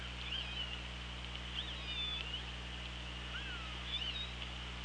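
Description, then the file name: Orca calls heard underwater, several faint curving whistled tones spread throughout, against constant hiss and electrical hum. OrcaLab hydrophone, 24 August 2017, 16:34. "Orca Lab UTLN JASON 20170824 163412"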